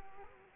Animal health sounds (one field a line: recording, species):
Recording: mosquito wingbeat signal from an infrared sensor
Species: Culex quinquefasciatus